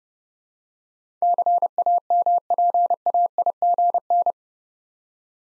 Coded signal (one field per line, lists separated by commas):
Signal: Morse code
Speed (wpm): 30 wpm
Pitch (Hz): 700 Hz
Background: none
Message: CAMPAIGN